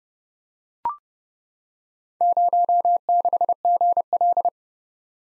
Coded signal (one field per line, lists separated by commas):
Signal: Morse code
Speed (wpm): 30 wpm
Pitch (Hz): 700 Hz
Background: none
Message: 06GL